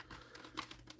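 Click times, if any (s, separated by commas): none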